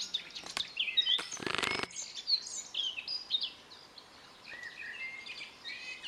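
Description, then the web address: Eurasian blackcap warbling in quick varied chirps and whistles, with a short burst of rushing, flapping noise near the start. "pub SETE data Sylvia atricapilla"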